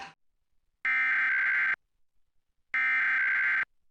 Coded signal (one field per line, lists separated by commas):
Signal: Emergency Alert System (SAME) tones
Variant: header bursts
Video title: June 2021 Oklahoma Required Monthly Test (Subchannel Showcase Part 2) | 6/8/21 | EAS 285-288